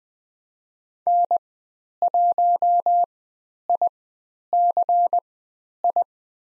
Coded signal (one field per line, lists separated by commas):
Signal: Morse code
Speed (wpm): 20 wpm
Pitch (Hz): 700 Hz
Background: none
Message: N1ICI